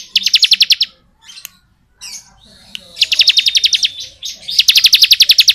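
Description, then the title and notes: Bar-winged prinia giving rapid, evenly pulsed high trills, one at the start and two later, with faint chirps in the gap. Bar-winged prinia singing in the 'ngebren' style; recording used as training (masteran) audio for oriental magpie-robins. "Ciblek Ngebren Untuk Masteran Murai Batu. Suara burung ciblek - Suara Nada"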